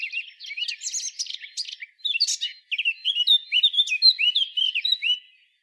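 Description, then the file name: Eurasian blackcap song: a fast, scratchy warble of chattering notes, then clearer fluted, slurred phrases sliding up and down, all bright and high-pitched with short pauses. "Sylvia atricapilla"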